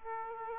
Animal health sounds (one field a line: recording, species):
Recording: mosquito wingbeat signal from an infrared sensor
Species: Aedes aegypti